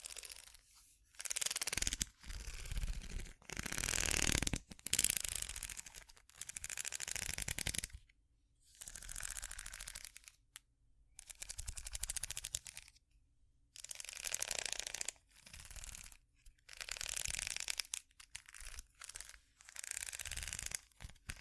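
Scratching over a ridged surface comes in repeated strokes about a second or two long, each a bright, rasping burst made of rapid fine clicks. Short silent gaps separate most strokes, and a few run longer and louder, around five and eighteen seconds.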